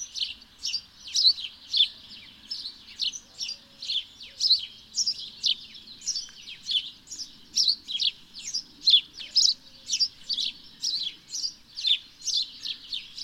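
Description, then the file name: House sparrow chirping steadily, bright chirps repeated about twice a second throughout, over a faint low background hum. "Passer domesticus"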